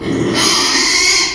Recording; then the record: squeal of a Yucatan mini pig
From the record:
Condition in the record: after surgery on the right vocal fold (resection and tissue-engineered implant); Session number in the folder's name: 2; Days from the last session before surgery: 13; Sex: male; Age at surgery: 12 weeks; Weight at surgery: 13 kg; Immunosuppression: cyclosporine, prednisolone